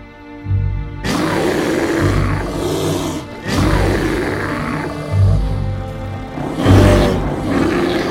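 A large beast named Surt growls menacingly in deep, rumbling swells, roughly three long loud snarls with short breaths between them, harsh and raspy with no voices.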